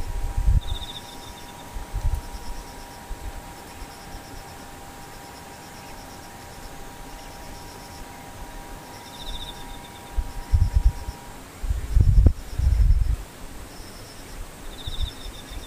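Insects chirp in short, regular trains of thin, high pulses throughout, with a brighter trill returning near the start, middle and end. A faint steady hum runs underneath until about eleven seconds, and low thumps or rumbles break in early and again around ten to thirteen seconds.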